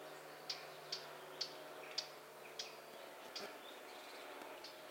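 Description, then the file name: Eurasian blackcap calls, several sharp dry tick notes, the gaps between them widening, over low steady hum. "Sylvia atricapilla"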